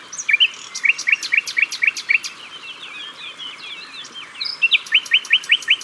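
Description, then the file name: Common nightingale song: two runs of about six sharp repeated notes, with softer twittering in between. Recorded at the water's edge. "Rossignol philomele Au bord de leau"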